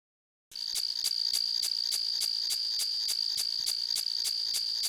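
Cricket chirping: a steady high-pitched trill pulsing about three to four times per second, starting after a brief silence and continuing unbroken, with no other sounds.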